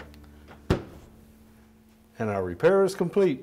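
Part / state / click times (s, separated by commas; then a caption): ice bin into refrigerator freezer compartment / seated / 0.7 s. A plastic ice bin is slid all the way into a refrigerator freezer door or compartment, after a drive blade replacement (Frigidaire part # 241684501), until it locks in place. A loud, sharp hit sounds at 0.7 s as the bin seats, preceded by faint small knocks. Then someone talks.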